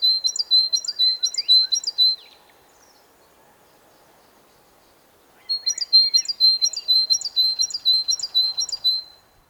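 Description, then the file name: Great tit calling in two bursts of rapid, high, repeated notes, each a sharp descending chip over a steady tone, with a quiet pause between. "Parus major"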